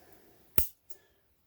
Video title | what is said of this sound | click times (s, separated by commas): Volvo Penta V8 Bell housing Bearing Replacement | All right. And she snapped right in place. | 0.6 s